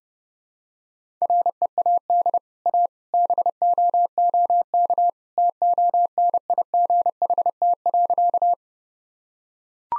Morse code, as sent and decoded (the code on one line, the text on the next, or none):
.-. . .- -.. / .- / -... --- --- -.- / - --- -. .. --. .... - .-.-.-
READ A BOOK TONIGHT.